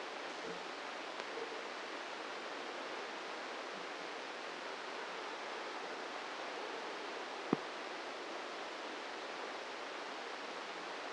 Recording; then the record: brain microelectrode recording played as sound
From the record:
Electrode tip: inside the subthalamic nucleus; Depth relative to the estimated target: -4 mm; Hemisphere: left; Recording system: NeuroSet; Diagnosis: Parkinson's disease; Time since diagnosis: 8 years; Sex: male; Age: 46 years